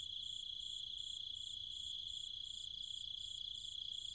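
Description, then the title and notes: Cicadas in a shrill unbroken drone, with a higher layer pulsing rapidly and evenly. Night chorus of cicadas and other insects in trees and fields in the countryside around Chiang Mai, Thailand. "Cicada countryside, Thailand. Nighttime sounds of the cicadas and insects in the trees and fields, Chiang Mai, Thailand. Recorded by Alex Boyesen"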